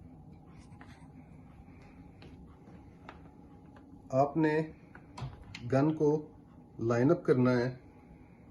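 A pump shotgun barrel is being lined up with the receiver of a Mossberg Maverick 88 shotgun during assembly; the barrel has not yet been pushed home, so nothing has seated or clicked yet. Faint handling ticks sound over a low steady hum while someone talks.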